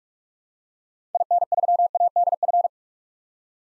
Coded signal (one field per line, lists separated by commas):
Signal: Morse code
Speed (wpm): 47 wpm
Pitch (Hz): 700 Hz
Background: none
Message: IN3ADF